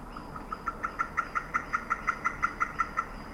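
Amphibian call: a steady, rapid series of short, clear pulsed notes with an even rhythm over faint background hiss.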